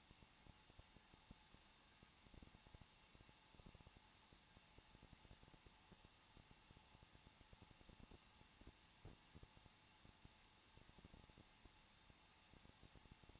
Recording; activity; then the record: daily activity, microphone in the room; no activity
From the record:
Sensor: 1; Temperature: 20.1 degrees Celsius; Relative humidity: 39.4%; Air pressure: 1006.4 hPa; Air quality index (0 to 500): 219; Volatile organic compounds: 81 ppm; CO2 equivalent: 3616 ppm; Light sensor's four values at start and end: 1/2/1/1 and 1/2/1/1